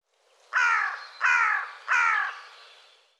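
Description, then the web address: Bird calling three times in a row with hoarse, crow-like caws, evenly spaced and slightly falling in tone, over near silence. "cianscape birddata Deverinetal 2025"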